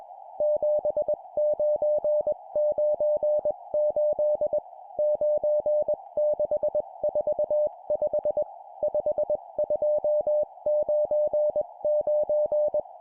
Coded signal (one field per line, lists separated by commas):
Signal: Morse code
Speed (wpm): 21 wpm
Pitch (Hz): 600 Hz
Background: music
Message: 7998 9645 5299